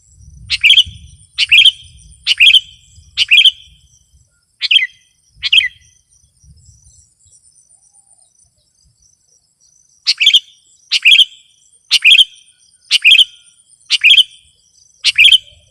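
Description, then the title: Sooty-headed bulbul singing bursts of short bubbly phrases roughly every second, a pause of several seconds, then another run, with low rumbling noise early on. "kutilang"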